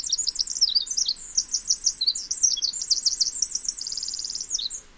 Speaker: the Pacific wren is singing, it will be singing in its own bandwidth and niche in such a way that it's recognizable to other Pacific wrens.